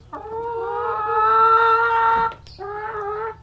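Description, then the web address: Chicken clucking: one long, drawn-out nasal call held for about two seconds, then a shorter similar call. Highliner Brown breed chicken; a long cluck. "Sound Effects-Foundation 1 BIRD CHICKEN HIGHLINER BROWN CLUCK LONG"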